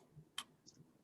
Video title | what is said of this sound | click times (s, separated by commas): Better Breathers January 2021 ~ Medications for Managing COPD | hopefully you heard that click | 0.4 s